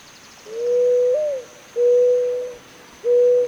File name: zenaida doves